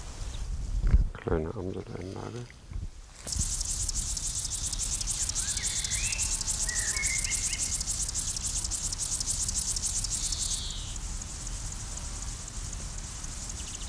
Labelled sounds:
Common Blackbird (Turdus merula)
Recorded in the wild
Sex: male
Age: adult
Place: Blankenfelde, Tegeler Fließ, Berlin, DE
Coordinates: 52.604, 13.4
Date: 1993-07-10
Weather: 24 °C, sonnig-heiter
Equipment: Marantz CP 430, Sennheiser ME 80, Kopie Uher Variocord 263
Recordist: Tembrock, Günter

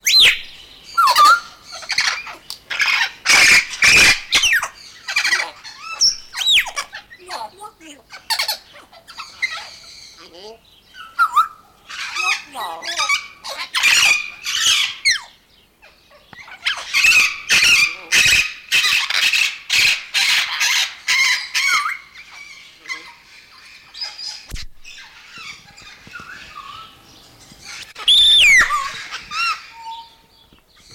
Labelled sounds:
Palm Cockatoo (Probosciger aterrimus)
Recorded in captivity
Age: adult
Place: Zoo Leipzig, Sachsen, DE
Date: 1992-01-11
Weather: bedeckt, 0°C
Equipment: Nagra SN, Kopie Tesla B 116
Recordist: Tembrock, Günter

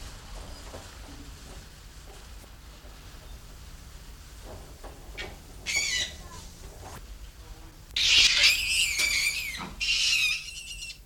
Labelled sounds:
Gray-cheeked Mangabey (Lophocebus albigena)
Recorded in captivity
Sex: pair
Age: adult
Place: Zoo Berlin, Berlin, DE
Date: 1994-09-10 14:17
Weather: bedeckt, 15°C, z.T. Regen
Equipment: Marantz CP 430, Sennheiser ME 80, Kopie Uher Variocord 263
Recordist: Tembrock, Günter
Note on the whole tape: (Cercocebus aterrimus): Paar, sich verfolgend, helle Laute - Weibchen; dunkle (leisere) Laute - Männchen

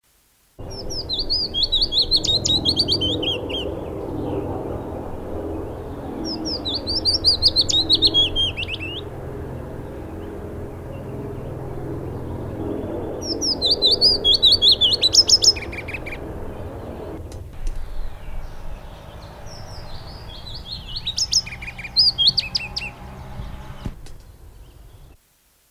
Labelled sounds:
Willow Warbler (Phylloscopus trochilus) song
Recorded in the wild
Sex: male
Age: adult
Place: Röttenbach, Bayern, DE
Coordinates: 49.6683, 10.9244
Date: 1963-07-06
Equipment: Vollspur, Original
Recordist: Tretzel, Erwin

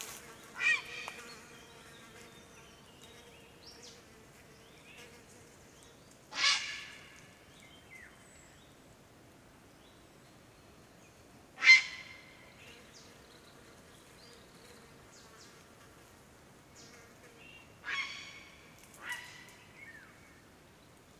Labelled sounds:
Grey Heron (Ardea cinerea) flight call
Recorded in the wild
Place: Niederspree, Niederspreer Teichgebiet, Sachsen, DE
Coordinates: 51.4067, 14.8819
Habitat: pond
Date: 2008-08-01
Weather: heiter, 20°C, windstill
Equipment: Fostex FR2-LE, 2 Sennheiser ME64, Rycote-Windschutz
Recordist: Frommolt, Karl-Heinz

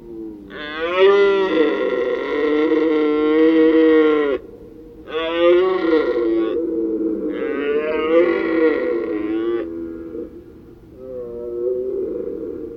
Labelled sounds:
Red Deer (Cervus elaphus) call
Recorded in the wild
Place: Glowe, Insel Rügen, Mecklenburg-Vorpommern, DE
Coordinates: 54.566, 13.447
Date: 1977-09-24 19:00
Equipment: Nagra III BH, Sennheiser MD 21, parabola
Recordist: Schubert, Michael
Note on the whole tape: Rothirsch, Zwölfender zieht deutlich hörbar immer dichter heran, weiter hinten ein älterer Hirsch

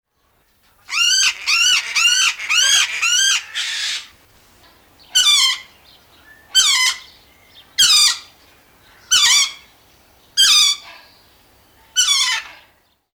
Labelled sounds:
Lord Derby's Parakeet (Psittacula derbiana)
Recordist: Tembrock, Günter
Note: Rufreihe eines Einzelvogels

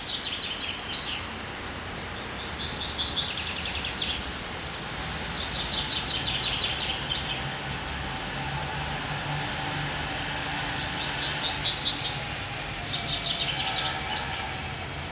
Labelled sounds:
Common Chaffinch (Fringilla coelebs) song
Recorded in the wild
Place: Locarno, Tessin, CH
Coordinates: 46.1689, 8.78861
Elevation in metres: 214
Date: 1978-03-10
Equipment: Uher 4000 Report
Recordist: Tretzel, Erwin

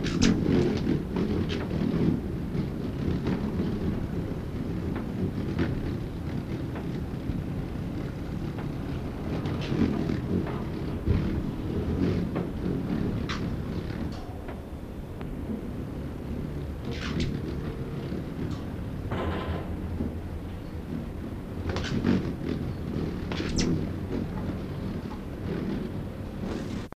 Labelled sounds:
Fork-tailed Woodnymph (Thalurania furcata) call
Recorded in captivity
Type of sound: call
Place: Tierpark Hagenbeck, Hamburg, DE
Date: 1983-01-15
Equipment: Halbspur, 9,5 cm/s
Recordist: Lütgens, Hans
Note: Rufe

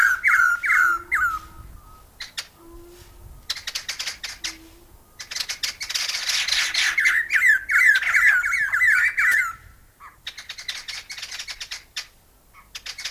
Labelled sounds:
White-necked Laughingthrush (Garrulax strepitans) call
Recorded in captivity
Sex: group
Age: adult
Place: Tierpark Berlin, Berlin, DE
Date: 2000-12-21 15:37
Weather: overcast, 0°C
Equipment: Nagra SN, Kopie Uher 4000 Report Monitor
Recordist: Tembrock, Günter
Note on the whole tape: Drei Tiere beieinander sitzend mit Lautfolgen (heterotyp), Entfernung ca. 2 m

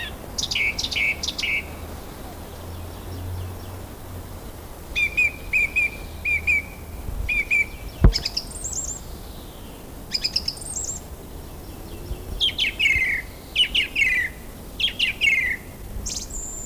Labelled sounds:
Song Thrush (Turdus philomelos) song
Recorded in the wild
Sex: male
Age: adult
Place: Friedhof Lübars, Berlin, DE
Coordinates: 52.6, 13.35
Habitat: city cemetery
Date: 2000-03-26 14:24
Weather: overcast, 12°C
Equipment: Nagra SN, Kopie Uher 4000 Report Monitor
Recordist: Tembrock, Günter
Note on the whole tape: Gesang, längere Strecke

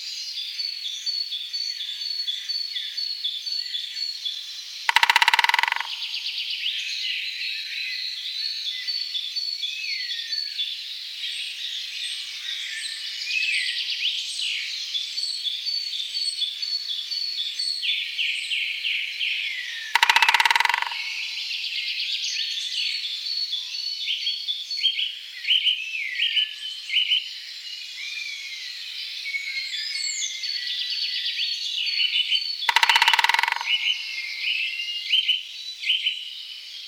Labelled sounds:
Great Spotted Woodpecker (Dendrocopos major) drumming
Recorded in the wild
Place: Rust / Ortenaukreis, Baden-Württemberg, DE
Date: 1975-04-19
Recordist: Schwarz, Dieter

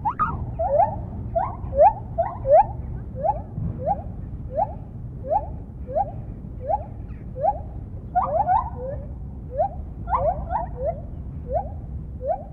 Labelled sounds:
Lar Gibbon (Hylobates lar)
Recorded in captivity
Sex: diverse
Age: adult
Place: Tierpark Berlin, Berlin, DE
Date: 1975-09-21 10:20
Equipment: Uher CR 210, Verstärker, Sennheiser MD 421, Uher 4200 Report Stereo
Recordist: Tembrock, Günter

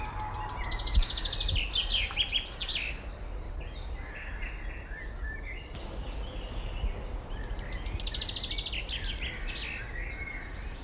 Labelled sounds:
Common Chaffinch (Fringilla coelebs)
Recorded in the wild
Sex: male
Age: adult
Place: Schloßpark Niederschönhausen, Berlin, DE
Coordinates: 52.53, 13.41
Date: 1995-05-25 19:00
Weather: heiter, 23°C
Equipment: Marantz CP 430, Sennheiser ME 80, Kopie Uher 4000 Report Monitor
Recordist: Tembrock, Günter
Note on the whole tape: Gesang - längere Stücke

